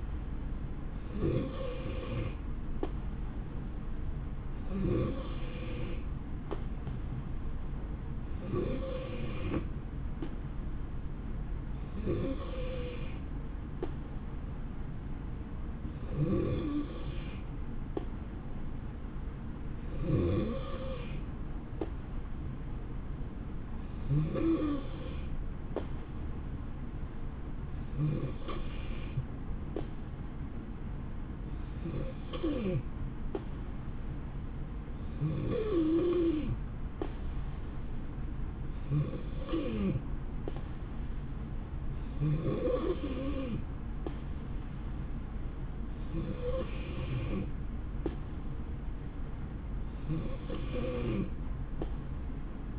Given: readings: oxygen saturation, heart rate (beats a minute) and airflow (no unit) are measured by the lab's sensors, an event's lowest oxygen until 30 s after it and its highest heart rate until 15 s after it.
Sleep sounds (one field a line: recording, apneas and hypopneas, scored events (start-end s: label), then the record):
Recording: breathing in sleep by a smartphone at the bedside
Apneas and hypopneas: none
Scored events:
none scored
From the record:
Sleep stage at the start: N3 (deep sleep)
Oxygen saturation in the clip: 90 to 92%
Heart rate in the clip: 62 to 68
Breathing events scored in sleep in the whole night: 160 in 9.3 hours asleep